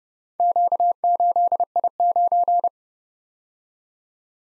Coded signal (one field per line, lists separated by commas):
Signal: Morse code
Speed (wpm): 34 wpm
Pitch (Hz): 700 Hz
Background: none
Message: Q8I9